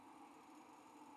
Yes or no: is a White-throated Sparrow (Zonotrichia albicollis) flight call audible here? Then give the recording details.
no. No flight call is heard. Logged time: 08:38 on 5 December 2014